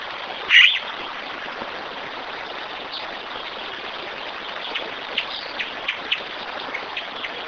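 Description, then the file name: Bird call: a single loud note early on, then faint clicks and chirps over a steady rushing background. "SABIOD 50 bird 2015"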